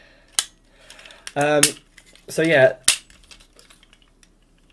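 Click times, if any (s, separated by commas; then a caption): 0.4 s. A plastic knee ratchet joint in a transforming robot toy leg is moved back into its other ratchet position. It seats with one sharp click at 0.4 s, followed by faint handling ticks while someone talks.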